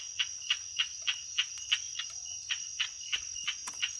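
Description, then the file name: Golden-backed frog calling with sharp clicking notes, about three a second, in a steady run of roughly a dozen, over a constant high whine. "Indosylvirana serendipi"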